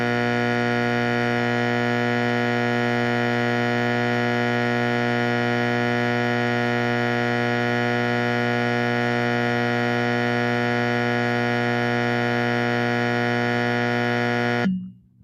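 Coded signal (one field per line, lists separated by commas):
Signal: alarm pattern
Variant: electromechanical fire alarm horn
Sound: loud continuous low rasping horn buzz for about fifteen seconds, then it stops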